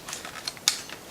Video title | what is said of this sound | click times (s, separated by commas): Airsoft Hero REVIEW: Cybergun ICS Sig 551 Airsoft Electric Gun | swivel it over, and you may have to smack it into place to get it to click, but it will lock into place. | 0.7 s